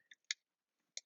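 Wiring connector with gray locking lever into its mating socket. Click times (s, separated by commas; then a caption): 0.3 s. A multi-pin plastic wiring connector is plugged into its mating socket during an aux switch and 110V inverter power mod on a 2011-2016 Super Duty, and its gray locking lever is slid all the way up. A faint tick at 0.1 s is followed by a sharp, bright latch click at 0.3 s, then another crisp click near 1.0 s. The lever latches at 0.3 s and the connector is seated and locked in place.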